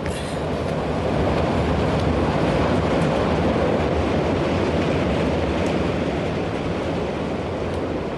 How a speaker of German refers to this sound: Ach, das da! Da rauscht von links der Schnellzug heran.